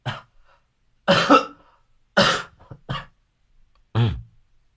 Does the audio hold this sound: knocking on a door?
no